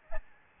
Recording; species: mosquito wingbeat signal from an infrared sensor; Aedes albopictus